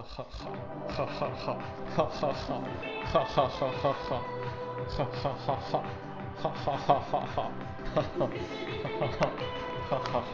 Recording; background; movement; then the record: laughter; music; sitting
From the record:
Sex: male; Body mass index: 23.7 kg/m2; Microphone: on the chest, facing outward